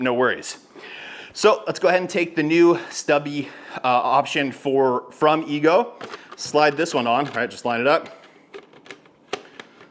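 A new short plastic Ego nozzle is lined up and slid onto a leaf blower tube while someone talks, followed by a few quick small clatters and taps from about 8.5 to 9.6 seconds. Nothing has seated or clicked yet; the nozzle is not home by the end.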